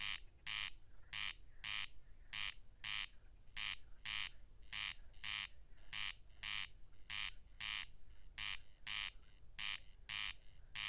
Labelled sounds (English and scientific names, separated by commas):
Corn Crake (Crex crex) song